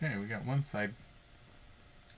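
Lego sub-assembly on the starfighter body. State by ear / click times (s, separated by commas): seated / 2.1 s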